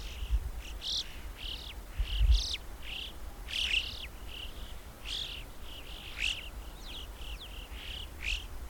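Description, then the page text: Alpine chough calls: repeated high, arched chirps and whistles, with a faint low rumble and a few thumps. "Christian Brinkman - Альпийская галка (Pyrrhocorax graculus)"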